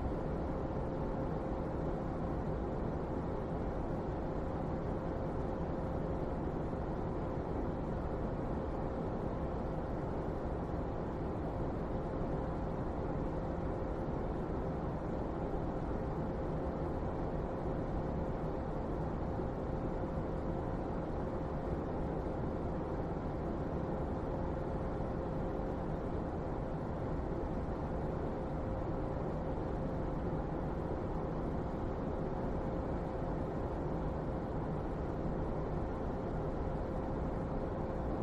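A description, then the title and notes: An air purifier fan runs at a constant level from start to finish, a dense, even rush weighted toward the low and middle range. A thin steady hum sits just above the midrange throughout, and nothing else interrupts the unchanging drone. For today's sleep assist sound, we have an ambient air purifier fan noise.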